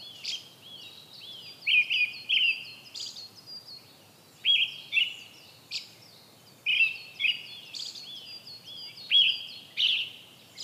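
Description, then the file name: Brown-headed thrush song: short whistled phrases repeated at short intervals, with fainter high notes between them. "akahara"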